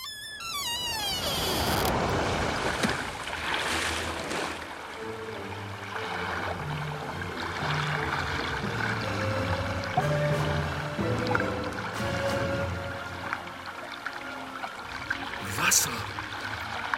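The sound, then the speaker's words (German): Water laps and splashes outside an open window in a steady, continuous wash, gently rising and falling in loudness, with a brief descending whine at the very start. “Wasser! Und diese Vogelfetzen!”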